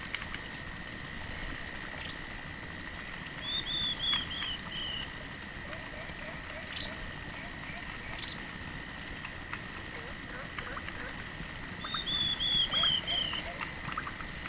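Dusky fulvetta giving two short series of high, falling chirped notes about eight seconds apart, against a constant high-pitched drone.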